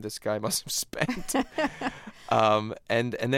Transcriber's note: laughter